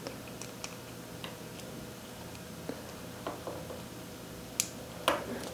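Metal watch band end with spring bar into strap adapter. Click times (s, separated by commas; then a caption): 4.6 s, 5.1 s. The end of a metal watch band, with its spring bar fitted, is pushed into the metal strap adapter for a Samsung Galaxy Watch 4. A few faint ticks and handling sounds come first, then two sharp metallic clicks at 4.6 and 5.1 seconds. The band end clicks and seats in the adapter.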